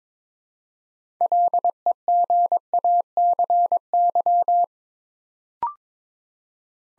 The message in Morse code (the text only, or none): LEGACY